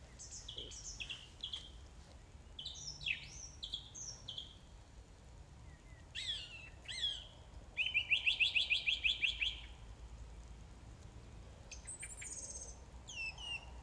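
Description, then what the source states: Song thrush song of varied whistled phrases and squeaky notes, with a loud rapid rattling series of repeated notes in the middle. Recorded 4 May 2021 at 20:35.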